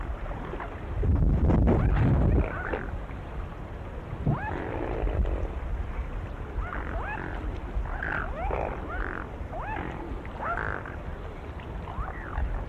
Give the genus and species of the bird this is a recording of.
Cygnus olor